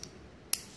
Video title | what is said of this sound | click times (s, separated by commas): LC loopback connector mate to SFP transceiver | the click sound hearing which means that then latch into the position and we | 0.5 s